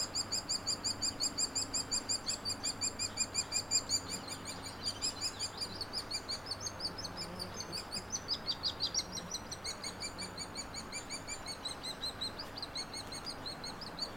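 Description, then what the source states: Hairy woodpecker calls: long, fairly regular sequence of high buzzy notes about three per second, with a few lower-pitched calls around the middle, faint hum beneath. Nestlings and adults; no-name trail across from Frazer Point, Schoodic division, Acadia National Park; 26 June 2017, morning; Fostex FR2 with Sennheiser ME64; trimmed, leveled, high-pass filtered.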